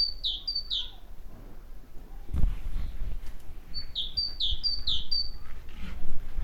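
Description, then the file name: Great tit song of ringing high-low note pairs, a short burst at the start and a longer one later, with a knock and low noise between. "Parus major"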